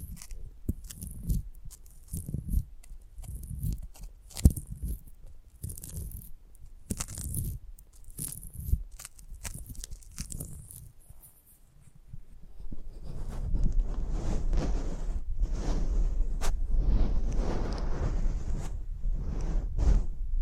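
Handling noise from a microphone being touched up close: for the first twelve seconds, irregular soft thumps, scrapes and rubs come in bursts, some with crisp high edges. After a brief quieter gap near twelve seconds, a steadier, denser rumbling rustle takes over, with scattered clicks on top.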